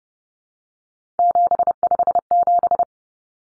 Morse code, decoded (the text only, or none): 757